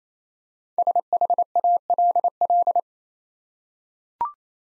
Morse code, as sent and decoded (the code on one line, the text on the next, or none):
... .... .- .-.. .-..
SHALL